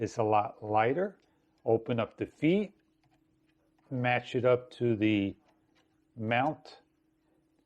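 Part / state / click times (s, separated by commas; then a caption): action camera into gimbal quick-release mount / not seated / none. Someone talks while opening the feet of an Inkee Falcon gimbal and lining an action camera up with the gimbal's quick-release mount. Nothing has seated or clicked yet; the camera is still being handled and has not locked into the mount.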